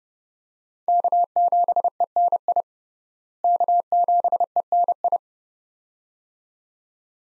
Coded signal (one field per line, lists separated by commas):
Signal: Morse code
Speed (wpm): 30 wpm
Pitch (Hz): 700 Hz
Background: none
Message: K7ENI K7ENI